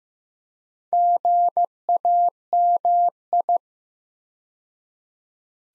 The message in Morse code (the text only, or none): GAMI